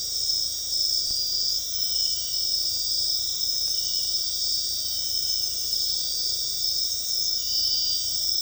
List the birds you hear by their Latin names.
none